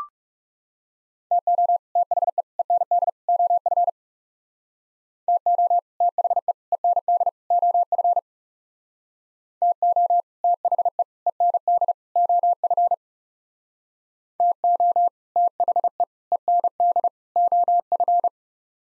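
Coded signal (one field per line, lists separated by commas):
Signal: Morse code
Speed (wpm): 37 wpm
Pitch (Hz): 700 Hz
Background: none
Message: TO THE END OF TO THE END OF TO THE END OF TO THE END OF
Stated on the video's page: Morse practice of four-word sets in speed-racing format, starting fast and slowing to a 30 wpm base, top speed 1.5 times base, final repeat at maximum speed.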